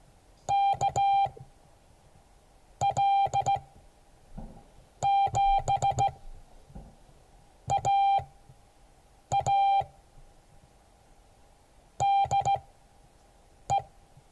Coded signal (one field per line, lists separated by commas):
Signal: Morse code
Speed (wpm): 16 wpm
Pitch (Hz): 790 Hz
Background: none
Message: KL7AA DE